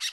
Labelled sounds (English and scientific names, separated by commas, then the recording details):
Brown-throated Parakeet (Eupsittula pertinax) contact call
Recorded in Bonaire
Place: 1 km N of power plant, rd to Republiek
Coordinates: 12.184, -68.285